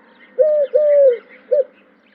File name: Tourterelle turque